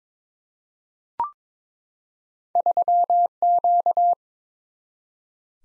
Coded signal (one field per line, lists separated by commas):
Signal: Morse code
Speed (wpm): 22 wpm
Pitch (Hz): 700 Hz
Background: none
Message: 3Q